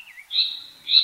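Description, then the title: Japanese paradise flycatcher calls: a slurred, wavering whistle followed by a longer high whistled note that swells again at the end. Mount Takao, Tokyo, Japan. "高尾山（東京）のサンコウチョウ"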